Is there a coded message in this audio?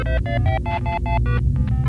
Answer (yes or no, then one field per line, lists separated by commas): no